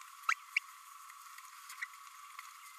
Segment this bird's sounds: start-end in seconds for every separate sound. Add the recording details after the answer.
0.29-0.34, 0.56-0.59. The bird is a female. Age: 27 days. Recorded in a nest box in Venezuela. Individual 17B32A5